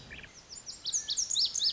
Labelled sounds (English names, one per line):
Lazuli Bunting